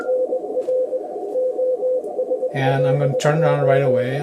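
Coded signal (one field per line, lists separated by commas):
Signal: Morse code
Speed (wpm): 20 wpm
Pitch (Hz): 510 Hz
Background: speech, radio noise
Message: NR OSLO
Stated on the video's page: Received on a Kenwood TS-590SG and TS-990S compared, same antenna, settings and speaker, in ideal conditions.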